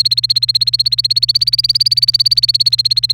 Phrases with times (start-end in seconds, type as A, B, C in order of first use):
0.00-3.13 A